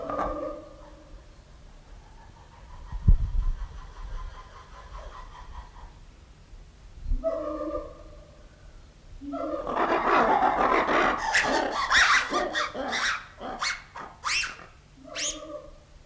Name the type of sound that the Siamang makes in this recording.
call